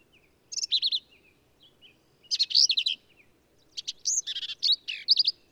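Black-capped vireo song of quick, varied high phrases, some squeaky and others harsh and slurred, delivered in three bursts with short silent gaps between them.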